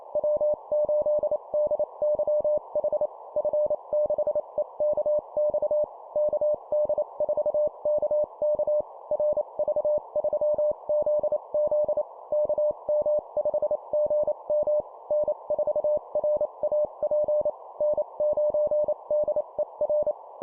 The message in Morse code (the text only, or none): W8DYH F6EKX KD4KK RV3ZZ KM5GM N4RAP N9DER